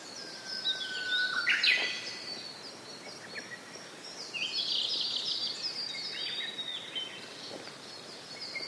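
Japanese bush warbler song, a long level whistle that ends in a sharp upward flourish, with other birds singing high, twittering phrases throughout.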